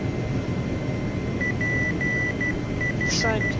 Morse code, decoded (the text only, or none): PH